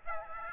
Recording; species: mosquito wingbeat signal from an infrared sensor; Aedes aegypti